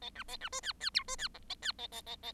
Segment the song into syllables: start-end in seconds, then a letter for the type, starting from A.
0.01-0.10 A, 0.15-0.23 B, 0.28-0.36 A, 0.40-0.49 B, 0.52-0.60 C, 0.63-0.73 D, 0.80-0.90 D, 0.94-1.03 E, 1.07-1.16 C, 1.18-1.28 D, 1.34-1.38 F, 1.49-1.54 A, 1.62-1.72 D, 1.78-1.87 A, 1.92-2.01 A, 2.06-2.16 A, 2.23-2.32 A